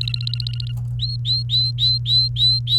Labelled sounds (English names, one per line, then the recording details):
Domestic Canary song
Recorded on 29 April 2018 at 12:52
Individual llb3